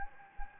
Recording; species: mosquito wingbeat signal from an infrared sensor; Anopheles gambiae